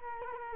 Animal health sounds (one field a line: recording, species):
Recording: mosquito wingbeat signal from an infrared sensor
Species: Culex quinquefasciatus